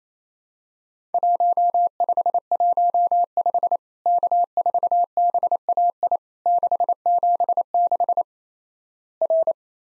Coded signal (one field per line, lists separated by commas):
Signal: Morse code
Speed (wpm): 27 wpm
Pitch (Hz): 700 Hz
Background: none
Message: 1515 K4BAI 676 R